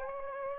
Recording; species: mosquito wingbeat signal from an infrared sensor; Aedes aegypti